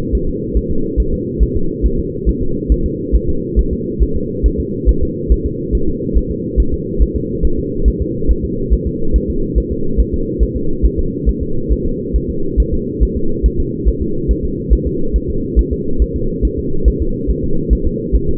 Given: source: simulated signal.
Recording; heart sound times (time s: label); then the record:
fetal heart sounds
0.15 s: S1
0.29 s: S2
0.57 s: S1
0.71 s: S2
1.00 s: S1
1.14 s: S2
1.43 s: S1
1.57 s: S2
1.86 s: S1
1.99 s: S2
2.29 s: S1
2.43 s: S2
2.72 s: S1
2.86 s: S2
3.16 s: S1
3.29 s: S2
3.59 s: S1
3.73 s: S2
4.03 s: S1
4.16 s: S2
4.46 s: S1
4.60 s: S2
4.89 s: S1
5.03 s: S2
5.32 s: S1
5.46 s: S2
5.75 s: S1
5.89 s: S2
6.18 s: S1
6.31 s: S2
6.60 s: S1
6.74 s: S2
7.02 s: S1
7.16 s: S2
7.45 s: S1
7.59 s: S2
7.88 s: S1
8.02 s: S2
8.31 s: S1
8.45 s: S2
8.73 s: S1
8.87 s: S2
9.16 s: S1
9.30 s: S2
9.58 s: S1
9.72 s: S2
10.00 s: S1
10.14 s: S2
10.43 s: S1
10.57 s: S2
10.85 s: S1
10.99 s: S2
11.29 s: S1
11.43 s: S2
11.72 s: S1
11.86 s: S2
12.16 s: S1
12.30 s: S2
12.60 s: S1
12.74 s: S2
13.03 s: S1
13.17 s: S2
13.46 s: S1
13.60 s: S2
13.89 s: S1
14.02 s: S2
14.31 s: S1
14.45 s: S2
14.73 s: S1
14.87 s: S2
15.16 s: S1
15.30 s: S2
15.59 s: S1
15.73 s: S2
16.02 s: S1
16.16 s: S2
16.45 s: S1
16.59 s: S2
16.88 s: S1
17.02 s: S2
17.30 s: S1
17.44 s: S2
17.73 s: S1
17.87 s: S2
18.15 s: S1
18.29 s: S2
From the record:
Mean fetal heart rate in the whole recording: 140 bpm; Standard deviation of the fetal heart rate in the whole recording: 2 bpm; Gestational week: 34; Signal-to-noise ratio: -8.1 dB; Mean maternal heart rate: 72 bpm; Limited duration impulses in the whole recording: absent